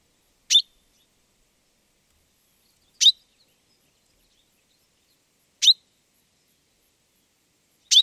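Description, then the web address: Common chaffinch call, a short, sharp, bright note repeated four times at steady intervals of roughly two and a half seconds, with silence between. "Deverinetal 2025 File origin Bird Only Fr Co"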